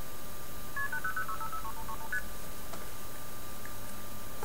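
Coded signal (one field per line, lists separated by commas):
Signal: multi-frequency trunk signalling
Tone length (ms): 80 ms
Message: KP006533ST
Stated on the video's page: Recreation of the Esquire-article blue box, used to phreak a call over an early-1960s Princess phone.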